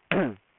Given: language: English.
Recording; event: throat vibration sensor signal played as sound; throat clearing